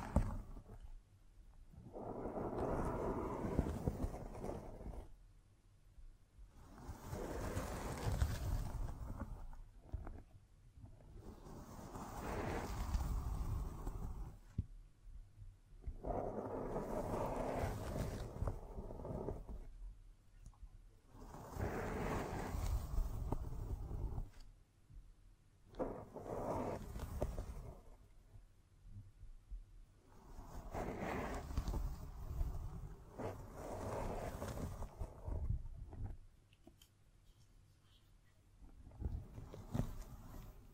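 Scratching and tracing sounds come in repeated passes, each lasting a few seconds with brief pauses between, roughly eight strokes across the clip. The strokes are rough and textured, fuller in the low and middle range with a faint hiss above.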